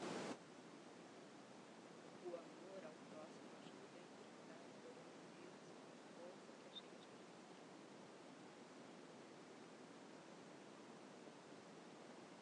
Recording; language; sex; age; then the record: spoken sentence; Brazilian Portuguese; female; 50 to 59 years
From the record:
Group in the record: control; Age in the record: 58 years